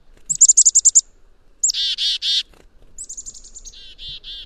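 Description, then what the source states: Black-capped Chickadee calling chickadee-dee-dee: a rapid burst of high, thin chick notes followed by three harsh buzzy dee notes, then a second similar series trailing into buzzy notes. Signature call, distinct from the spring song; the number of dee notes at the end reflects the chickadee's judgment of how dangerous a threat is.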